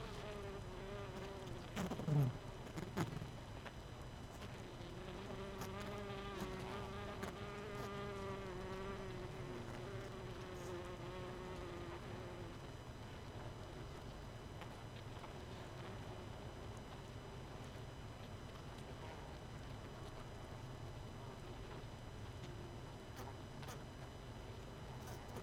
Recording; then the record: honeybee colony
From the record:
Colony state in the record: missing queen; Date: 31 May 2018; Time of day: 22:24